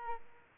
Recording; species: mosquito wingbeat signal from an infrared sensor; Aedes aegypti